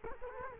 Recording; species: mosquito wingbeat signal from an infrared sensor; Culex quinquefasciatus